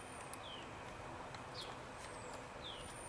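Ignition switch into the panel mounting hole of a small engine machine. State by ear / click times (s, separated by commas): seated / 0.3 s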